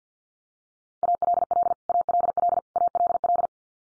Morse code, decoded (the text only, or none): ALL ALL ALL